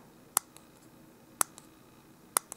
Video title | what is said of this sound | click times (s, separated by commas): Spyderco Junior Review! | you hear that click it's a little sticky | 0.4 s, 1.4 s, 2.4 s